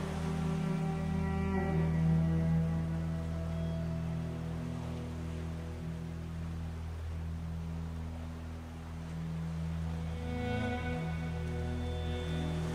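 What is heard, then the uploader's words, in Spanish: Sustained cello tones hold low, steady notes throughout, with a softer, hushed wash like sea sounds underneath, swelling slightly near the end. Cello by the sea. Muscia de cello con sonidos del mar.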